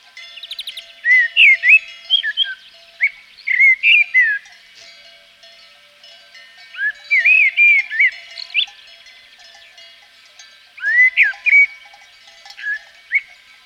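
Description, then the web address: Common blackbird song: several phrases of varied fluting whistles and twittery notes, separated by pauses of a few seconds, with a faint high chatter at the start. From Provence. "A természet hangjai. A provence-i feketerigó"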